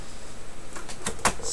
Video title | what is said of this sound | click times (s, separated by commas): How to format and partition NTFS external drives to FAT32 (XBOX + PS3 + mac compatable) | it over just snaps into place in this lot now you're going to want to get | 1.1 s